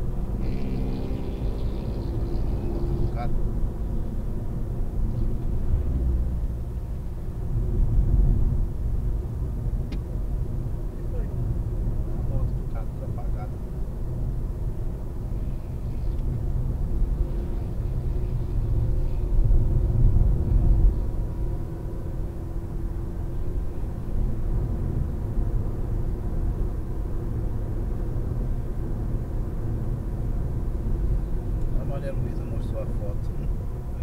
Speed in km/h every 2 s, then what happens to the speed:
76, 75, 64, 62, 61, 60, 60, 62, 62, 67, 70, 73, 74, 75, 72, 72, 71.
2-10 slows to 60. 10-16 steady at about 60. 16-23 speeds up to 74. 23-34 steady at about 72.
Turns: none.